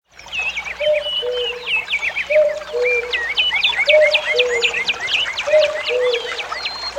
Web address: кукушка